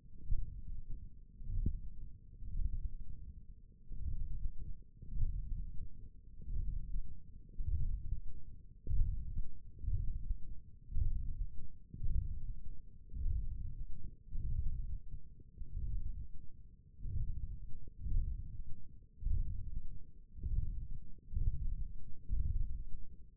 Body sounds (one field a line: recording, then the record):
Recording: forearm muscle sounds (acoustic myography)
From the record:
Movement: hook grip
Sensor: system 1, eight BSWA MPA416 microphones around the upper forearm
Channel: 1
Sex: male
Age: 21 years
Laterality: right